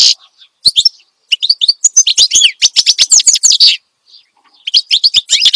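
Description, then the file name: Finch song in clipped phrases of high chirps and warbled notes, then a fast run of notes, a pause, and more chirps. Energetic ('gacor') finch song, presented as suitable for tutoring songbirds (masteran). "Suara Kicauan Burung Finch Gacor Dor Cocok Untuk Masteran"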